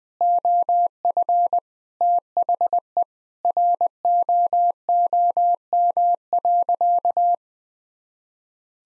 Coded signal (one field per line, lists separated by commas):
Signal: Morse code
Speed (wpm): 20 wpm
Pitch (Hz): 700 Hz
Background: none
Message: OF THE ROOM.